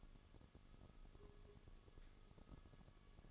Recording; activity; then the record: daily activity, microphone in the room; take from stove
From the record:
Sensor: 4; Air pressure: 1008.8 hPa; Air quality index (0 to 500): 117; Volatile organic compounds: 1 ppm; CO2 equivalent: 859 ppm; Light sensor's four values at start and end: 10/22/9/8 and 10/22/9/8